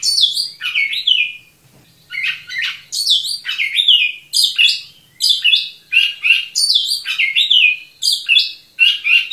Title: Kacer Gacor